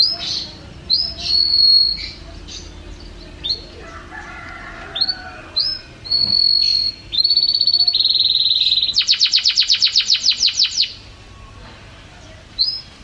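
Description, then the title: Canary song with long whistled notes near one pitch, then a fast rattling trill of rapid repeated notes, ending on a brief whistle. Champion canary song. "Kicau Burung Kenari Juara"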